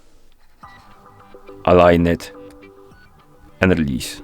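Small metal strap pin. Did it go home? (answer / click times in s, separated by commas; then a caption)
no / none. The lever on the quick-release spring bar of the second strap for a Xiaomi Watch 2 is pulled to retract the pin, and the strap is lined up with the lug hole of the smartwatch case before being released. Someone talks over steady background music, with only faint small handling sounds near 0.3 s and 0.6 s. Nothing has seated or clicked yet.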